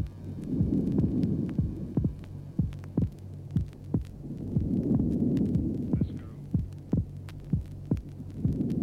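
Heart sounds heard by stethoscope over the pulmonary area in an adult, showing physiological (normal) splitting of the second heart sound during normal breathing.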